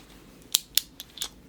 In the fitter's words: so the Excalibur core is a gimmick to where once you get to two locks comes out like this